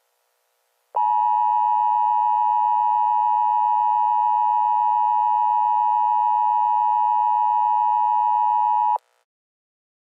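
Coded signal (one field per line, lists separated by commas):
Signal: Emergency Alert System (SAME) tones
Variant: 853 and 960 Hz attention tone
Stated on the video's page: Fictional scenario.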